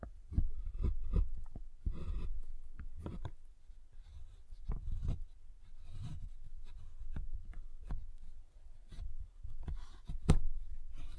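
A giant chocolate bar is tapped and snapped in quick, irregular dull knocks, with sharper cracks near two and ten seconds.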